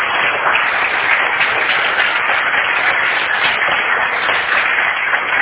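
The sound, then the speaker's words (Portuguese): A church audience applauds Jesus after a sermon and prayer, dense overlapping claps forming a loud, even wash of sound that holds for several seconds without a break. “Você pode aplaudir a Jesus pelo que nos falou.”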